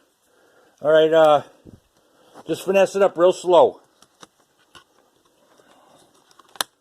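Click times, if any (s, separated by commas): 6.6 s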